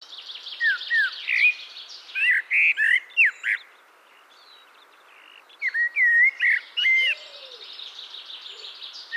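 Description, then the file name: Eurasian blackbird song in two bursts of fluty, slurred whistles broken by high scratchy twitters, with a short pause between phrases and one faint low note. Song excerpt from Lyngs. "Solsort Lyngs-uddrag"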